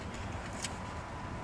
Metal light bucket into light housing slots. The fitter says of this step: the bucket then pops into place like that